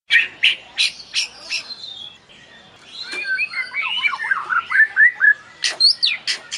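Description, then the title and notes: White-rumped Shama song with sharp chips, then a flowing, tumbling stretch of sweet whistled notes, ending in loud repeated clicks. Champion songbird. "Murai batu Larwo. kicau burung jawara"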